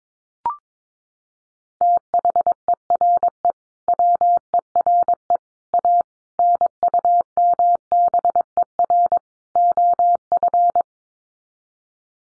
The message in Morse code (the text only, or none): THERE WERE A NUMBER OF